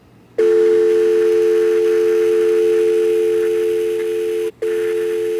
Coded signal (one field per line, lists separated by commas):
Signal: telephone call progress tone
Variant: North America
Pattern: dial tone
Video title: JOHN PARK'S WORKSHOP LIVE 2/10/22 Touch Tone Pad Input @adafruit @johnedgarpark #adafruit